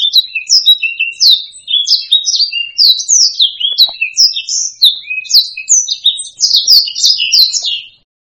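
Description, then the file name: Black-throated laughingthrush delivering a hurried sequence of clear, high whistled notes that rise and fall in pitch, ending abruptly in silence. "suara kicauan burung blacksang. omkicau"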